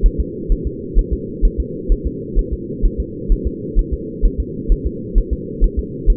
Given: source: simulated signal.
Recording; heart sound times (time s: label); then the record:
fetal heart sounds
0.06 s: S1
0.20 s: S2
0.52 s: S1
0.67 s: S2
0.99 s: S1
1.13 s: S2
1.45 s: S1
1.60 s: S2
1.92 s: S1
2.07 s: S2
2.39 s: S1
2.53 s: S2
2.85 s: S1
3.00 s: S2
3.32 s: S1
3.47 s: S2
3.79 s: S1
3.94 s: S2
4.25 s: S1
4.40 s: S2
4.72 s: S1
4.87 s: S2
5.18 s: S1
5.33 s: S2
5.64 s: S1
5.79 s: S2
6.10 s: S1
From the record:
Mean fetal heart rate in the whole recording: 130 bpm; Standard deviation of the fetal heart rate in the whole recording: 2 bpm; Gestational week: 38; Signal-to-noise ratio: -4.1 dB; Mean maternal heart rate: no maternal heart sound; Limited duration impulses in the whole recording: absent